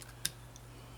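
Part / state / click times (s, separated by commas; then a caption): metal sleeve piece onto clearomizer tank / seated / 0.2 s. A thicker metal sleeve piece is pressed onto an Aspire Nautilus Mini vape clearomizer tank and seats with one sharp, bright click at 0.3 s, while fainter ticks come at about 0.0 s and 0.6 s over a steady low hum. The piece is seated firmly in place.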